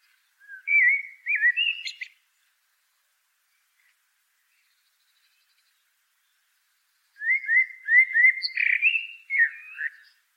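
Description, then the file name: Common blackbird song: a short warbled whistle phrase, a pause of several seconds, then a longer rich fluting phrase with a slurred finish. "Turdus merula"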